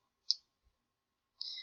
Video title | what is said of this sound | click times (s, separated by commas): Unit 1: Cyclohexane Chair Flipping & Stability 01F70 | and it snaps into place | 0.3 s